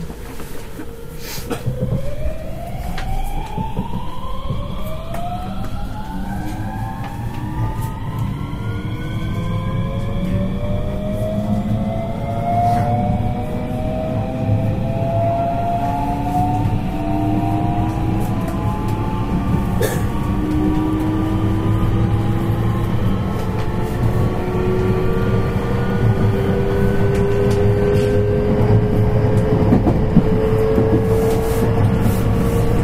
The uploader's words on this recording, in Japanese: JR223系 新快速 新大阪から京都まで。JR西日本 223系電車の走行音です。JR京都線の新快速列車にて収録しました。